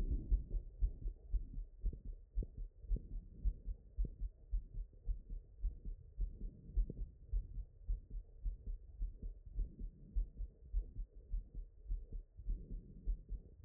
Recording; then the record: heart sounds by stethoscope after running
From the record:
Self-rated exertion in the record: very light exertion (1 of 6); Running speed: 5 mph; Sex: female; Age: 20 years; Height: 160 cm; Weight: 56 kg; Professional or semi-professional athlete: no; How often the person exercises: 3 to 5 times a week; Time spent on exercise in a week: 3 to 4 hours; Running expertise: yes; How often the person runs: 1 to 2 times a week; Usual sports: running, swimming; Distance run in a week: 15 km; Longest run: 20 km